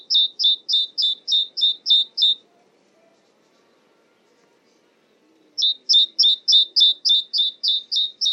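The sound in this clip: Great tit giving a steady series of sharp two-tone notes, a high tick dropping to a clear lower whistle, one burst, a silent gap, then another.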